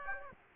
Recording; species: mosquito wingbeat signal from an infrared sensor; Aedes aegypti